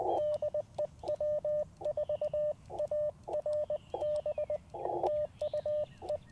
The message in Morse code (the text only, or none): DE W4ARB TU E